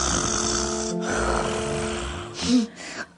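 A child imitating snoring, breathing in through the mouth and then through the belly.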